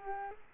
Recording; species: mosquito wingbeat signal from an infrared sensor; Culex quinquefasciatus